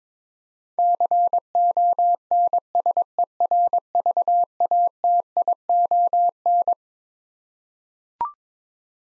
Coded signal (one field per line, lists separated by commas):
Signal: Morse code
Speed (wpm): 21 wpm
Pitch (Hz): 700 Hz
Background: none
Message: CONSERVATION